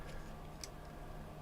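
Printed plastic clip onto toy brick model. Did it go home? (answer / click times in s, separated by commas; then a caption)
yes / 0.6 s. A 3D-printed plastic clip is pressed onto a printed brick toy model and snaps into place, giving a single sharp snap at 0.6 seconds. The snap is a brief, bright high-frequency click over a steady low hum, and the clip is seated. Someone talks around it.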